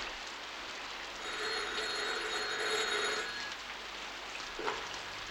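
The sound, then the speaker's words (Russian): Heavy rain pours in a steady, dense hiss throughout, while a high-pitched electronic ringing rises over it in the middle for a couple of seconds before fading back to just the downpour. “Он любезно пригласил комиссара оказать честь его столу и винному погребу, а потом, поскольку ливень не прекращался, предложил остаться ночевать в комнате для гостей.”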